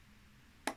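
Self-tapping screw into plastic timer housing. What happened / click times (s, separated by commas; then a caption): The screw dropped into its existing thread / 0.7 s. A self-tapping screw is turned anticlockwise in the plastic housing of a Parkside automatic garden watering timer until it drops into its original thread, so it doesn't cut a fresh one. After quiet low hum, a single short, sharp click comes at 0.7 s, and the screw is seated in its original thread.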